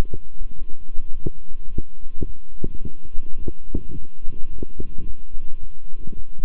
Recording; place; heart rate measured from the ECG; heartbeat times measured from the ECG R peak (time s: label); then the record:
heart sounds by stethoscope; between the tricuspid and mitral areas; 107 bpm
0.54 s: heartbeat
1.11 s: heartbeat
1.68 s: heartbeat
2.25 s: heartbeat
2.81 s: heartbeat
3.37 s: heartbeat
3.93 s: heartbeat
4.49 s: heartbeat
5.04 s: heartbeat
5.59 s: heartbeat
6.14 s: heartbeat
From the record:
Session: walking at 3.7 km/h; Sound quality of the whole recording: good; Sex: male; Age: 26 years